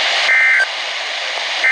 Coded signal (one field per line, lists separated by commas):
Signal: Emergency Alert System (SAME) tones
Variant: end-of-message bursts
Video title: MLB HWW on KIH26!! | EAS #128